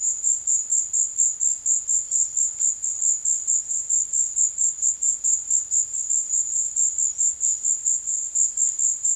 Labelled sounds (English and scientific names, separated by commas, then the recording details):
none
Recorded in secondary vegetation near Puerto Asís, Putumayo, Colombia, on 23 June 2025 at 15:00
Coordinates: 0.500, -76.326
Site GP08